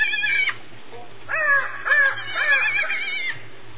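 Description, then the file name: Spotted hyena uttering a brief call, then a longer series of warbling, rising and falling squeals, over a faint low hum. "Crocuta crocuta"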